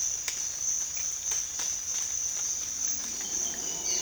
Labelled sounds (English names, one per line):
none